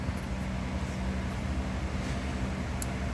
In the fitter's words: there it is that clicked